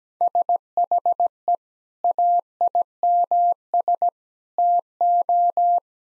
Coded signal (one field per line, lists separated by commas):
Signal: Morse code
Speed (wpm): 17 wpm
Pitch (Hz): 700 Hz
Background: none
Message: SHE AIMS TO